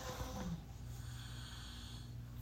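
Brief low, rattling snore in the background, followed by a steady low room hum.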